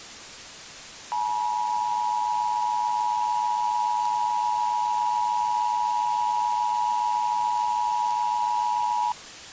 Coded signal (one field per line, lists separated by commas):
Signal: Emergency Alert System (SAME) tones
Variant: 853 and 960 Hz attention tone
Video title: EAS Emergency: Deadly Soda (Nine EAS Alerts!)